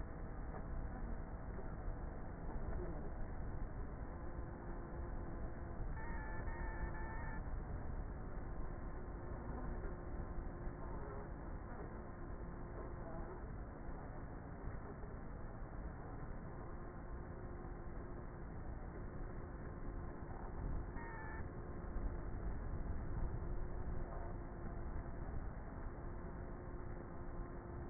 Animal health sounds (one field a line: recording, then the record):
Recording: honeybee colony, microphone inside the hive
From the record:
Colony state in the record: queenless with a low population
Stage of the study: before two queens were removed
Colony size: about 30,000 bees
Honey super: no